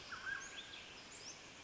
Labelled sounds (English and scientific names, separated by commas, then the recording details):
Mountain Quail (Oreortyx pictus)
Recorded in Sonoma County, California